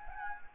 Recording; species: mosquito wingbeat signal from an infrared sensor; Anopheles gambiae